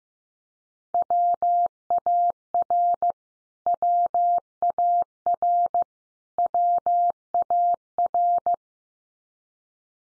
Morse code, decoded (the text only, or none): WAR WAR WAR